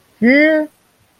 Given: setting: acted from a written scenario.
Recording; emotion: vocal sound without words; confusion